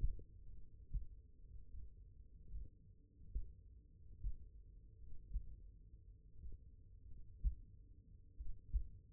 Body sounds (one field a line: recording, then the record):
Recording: forearm muscle sounds (acoustic myography)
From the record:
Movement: finger pinch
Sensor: system 1, eight BSWA MPA416 microphones around the upper forearm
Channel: 5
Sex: male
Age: 23 years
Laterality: right